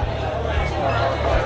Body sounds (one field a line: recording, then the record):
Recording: background sound without coughing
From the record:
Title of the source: CITY SOUNDS Busy Bar in the Evening Night - 2 HOURS of Ambiance for Relaxation